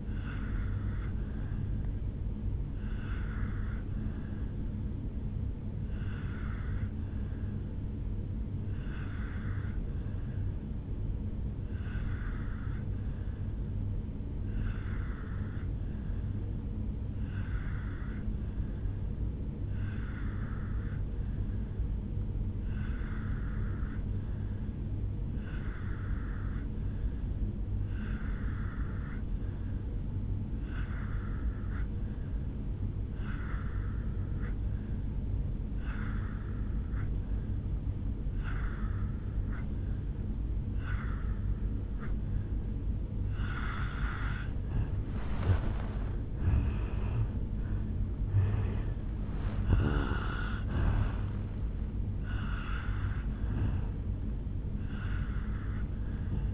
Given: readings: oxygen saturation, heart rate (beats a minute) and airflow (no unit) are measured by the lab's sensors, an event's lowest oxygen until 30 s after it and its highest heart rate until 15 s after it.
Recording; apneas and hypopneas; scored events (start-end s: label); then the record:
breathing in sleep by a smartphone at the bedside; 1
5.00-43.90 s: obstructive apnea (N2, oxygen 95% highest, then 84% lowest, heart rate 62 at the start, 77 highest)
From the record:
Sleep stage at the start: N2 (light sleep); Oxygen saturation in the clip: 85 to 95%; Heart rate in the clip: 56 to 77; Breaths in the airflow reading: 5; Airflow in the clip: -11.1 to 7.5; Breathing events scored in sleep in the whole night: 449 in 7.0 hours asleep